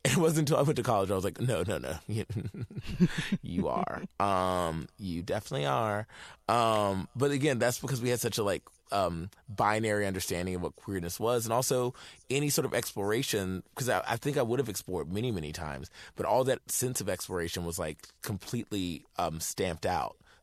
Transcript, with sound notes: And it wasn't until I went to college where I was like, no, no, no.
(LAUGHTER)
You are. You definitely are. But, again, that's because we had such a, like, binary understanding of what queerness was. And also, any sort of exploration - because I think I would have explored many, many times. But all that sense of exploration was, like, completely stamped out.